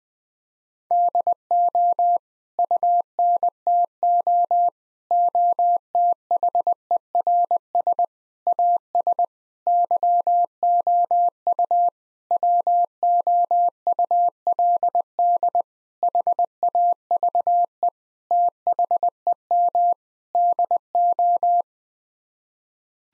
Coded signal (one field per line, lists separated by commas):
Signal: Morse code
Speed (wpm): 20 wpm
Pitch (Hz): 700 Hz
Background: none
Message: DO UNTO OTHERS AS YOU WOULD HAVE THEM DO